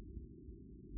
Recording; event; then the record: neck accelerometer signal played as sound; no cough (speech, laughter, throat clearing or background)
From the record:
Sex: male